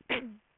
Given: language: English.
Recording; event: throat vibration sensor signal played as sound; cough